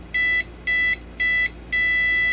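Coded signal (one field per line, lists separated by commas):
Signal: beep code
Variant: IBM PC clone BIOS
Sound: repeated short, evenly spaced electronic beeps; the last one runs on to the end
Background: faint room hum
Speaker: I think what we're getting is general post failure and then memory checksum failure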